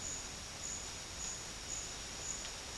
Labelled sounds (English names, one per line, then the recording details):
none
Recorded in dense forest near Puerto Asís, Putumayo, Colombia, on 8 March 2025 at 12:30
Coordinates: 0.484, -76.325
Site G045